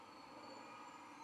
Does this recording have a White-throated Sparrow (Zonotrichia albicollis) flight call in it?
no